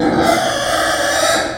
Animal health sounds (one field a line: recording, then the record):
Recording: squeal of a Yucatan mini pig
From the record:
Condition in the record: before surgery on the right vocal fold (resection and tissue-engineered implant)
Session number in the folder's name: 3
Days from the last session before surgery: 0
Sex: female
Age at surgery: 19 weeks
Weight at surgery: 25 kg